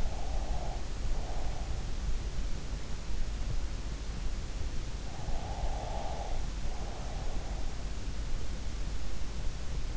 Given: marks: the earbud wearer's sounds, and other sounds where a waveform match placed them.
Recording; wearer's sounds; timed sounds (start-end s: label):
sounds in sleep by an in-ear microphone; breath
0.00-1.52 s: breath
5.46-7.33 s: breath